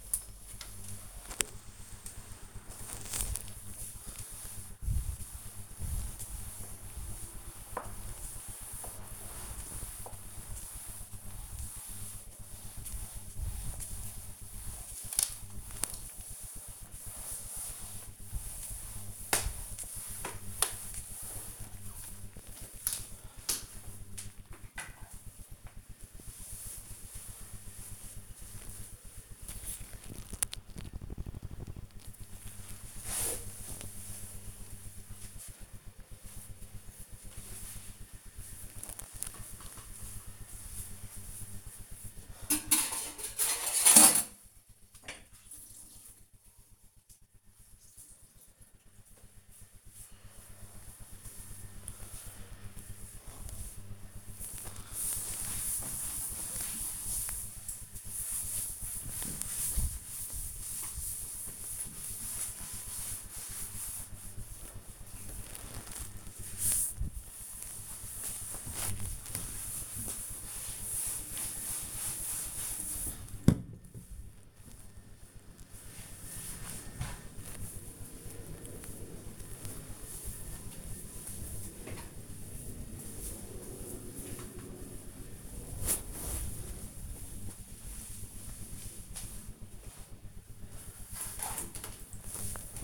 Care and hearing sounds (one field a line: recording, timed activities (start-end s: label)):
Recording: household activities, microphone on the right wrist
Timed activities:
0.00-24.00 s: floor cleaning
45.18-78.44 s: cleaning table